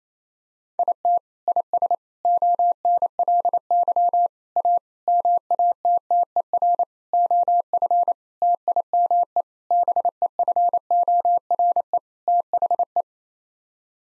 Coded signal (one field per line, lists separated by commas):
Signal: Morse code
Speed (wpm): 28 wpm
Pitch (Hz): 700 Hz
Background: none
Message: IT IS ONLY A MATTER OF TIME BEFORE THE